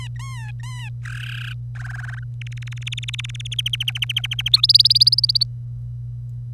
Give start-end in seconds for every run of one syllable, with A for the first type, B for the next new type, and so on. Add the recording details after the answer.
0.00-0.89 A, 1.05-1.52 B, 1.75-2.24 C, 2.41-3.54 D, 3.58-4.49 E, 4.53-5.43 F. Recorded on 25 April 2018 at 06:11. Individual llb3